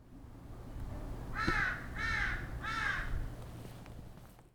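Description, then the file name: Large-billed crow giving three hoarse, harsh caws roughly half a second apart, with a low rumbling background. "osahasibutogarasu"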